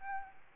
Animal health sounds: mosquito wingbeat signal from an infrared sensor; Aedes albopictus

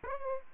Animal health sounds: mosquito wingbeat signal from an infrared sensor; Aedes aegypti

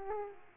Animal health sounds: mosquito wingbeat signal from an infrared sensor; Aedes aegypti

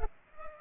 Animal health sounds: mosquito wingbeat signal from an infrared sensor; Culex pipiens

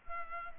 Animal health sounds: mosquito wingbeat signal from an infrared sensor; Culex pipiens

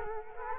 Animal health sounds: mosquito wingbeat signal from an infrared sensor; Culex quinquefasciatus

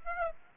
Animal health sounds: mosquito wingbeat signal from an infrared sensor; Aedes aegypti

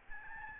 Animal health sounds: mosquito wingbeat signal from an infrared sensor; Aedes albopictus

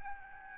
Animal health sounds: mosquito wingbeat signal from an infrared sensor; Aedes albopictus

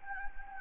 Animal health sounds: mosquito wingbeat signal from an infrared sensor; Anopheles gambiae

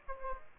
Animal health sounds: mosquito wingbeat signal from an infrared sensor; Aedes aegypti

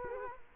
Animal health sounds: mosquito wingbeat signal from an infrared sensor; Culex quinquefasciatus

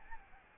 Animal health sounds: mosquito wingbeat signal from an infrared sensor; Aedes albopictus

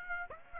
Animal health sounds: mosquito wingbeat signal from an infrared sensor; Aedes aegypti

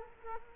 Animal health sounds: mosquito wingbeat signal from an infrared sensor; Culex quinquefasciatus

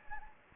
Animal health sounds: mosquito wingbeat signal from an infrared sensor; Anopheles gambiae

